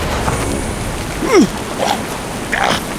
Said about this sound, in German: Er buddelt und buddelt und plötzlich schießt aus dem Boden eine Flüssigkeit mit hohem Druck in die Luft.